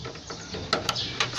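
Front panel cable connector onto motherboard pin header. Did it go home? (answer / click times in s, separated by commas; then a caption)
no / none. A front panel cable connector is pushed onto a motherboard pin header the wrong way round, giving scraping and scuffing sounds with sharper knocks at about 0.7, 0.9 and 1.2 seconds. The connector will not go in, and nothing has seated or clicked.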